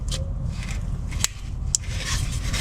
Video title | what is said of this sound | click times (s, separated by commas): How To Solve Check Oil Light Problem I Replace Toyota Corolla Oil Pressure Sensor Switch I 08-18 DIY | Hear the click sound, it's in, and there we have it. | 1.8 s